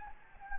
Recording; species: mosquito wingbeat signal from an infrared sensor; Anopheles gambiae